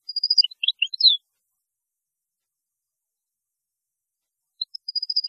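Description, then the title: European goldfinch song fragments: a short burst of liquid twittering notes, a long silent gap, then another brief tinkling phrase at the end. "Chant Chardonneret"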